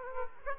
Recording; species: mosquito wingbeat signal from an infrared sensor; Aedes aegypti